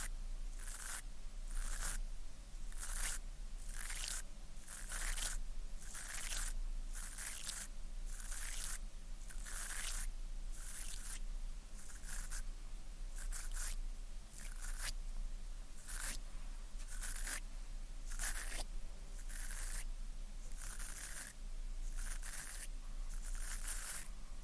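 Ear cleaning sounds with tweezers and sticky, crackly scraping, arriving as a steady run of bright bursts roughly every half second to second for the whole stretch. Each burst is crisp and hissy, with a constant low hum underneath and no pauses.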